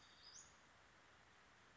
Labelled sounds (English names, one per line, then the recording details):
Western Flycatcher
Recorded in Sonoma County, California